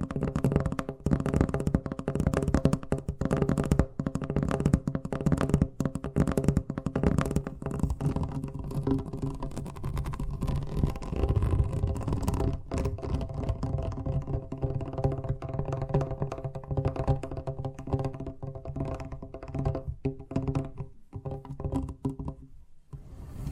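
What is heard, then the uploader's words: Fast tapping runs nearly nonstop for the whole stretch, dense rapid strikes with a low, hollow ring, thinning slightly near the end. ASMR Braingasm Inducing Fast Tapping (No Talking).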